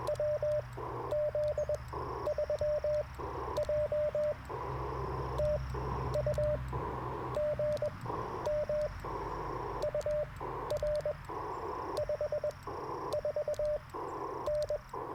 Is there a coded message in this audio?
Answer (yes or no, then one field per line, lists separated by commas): yes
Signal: Morse code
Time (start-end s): 0.1-14.8 s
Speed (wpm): 20 wpm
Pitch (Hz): 600 Hz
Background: radio noise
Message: WZ3J TU GM UR 54N